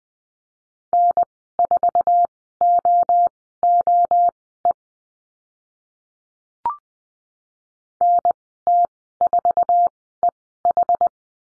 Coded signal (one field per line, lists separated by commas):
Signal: Morse code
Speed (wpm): 19 wpm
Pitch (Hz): 700 Hz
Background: none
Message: N4OOE NT4EH